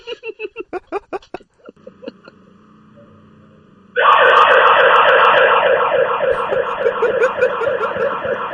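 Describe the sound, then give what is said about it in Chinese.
A run of quick, sharp electronic beeps and a low steady hum give way to a loud, piercing home alarm siren, set off at a home, that wails continuously with a rapid warbling tone until the end. “黄永系喺屋企嗰度咧，就响鸣呢个警报器啊。”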